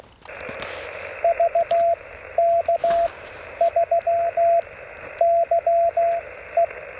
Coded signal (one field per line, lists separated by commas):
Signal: Morse code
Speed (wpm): 16 wpm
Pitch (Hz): 680 Hz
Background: radio noise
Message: VK3YE